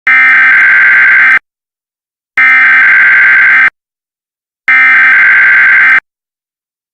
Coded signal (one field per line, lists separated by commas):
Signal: Emergency Alert System (SAME) tones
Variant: header bursts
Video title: EAS Weekly Test